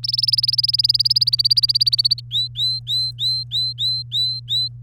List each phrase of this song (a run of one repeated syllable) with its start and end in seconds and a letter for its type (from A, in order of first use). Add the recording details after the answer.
0.03-2.20 A, 2.31-4.68 B. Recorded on 3 May 2018 at 12:38. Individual llb3